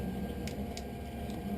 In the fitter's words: I started the outside corner and you drag this along until you hear a snap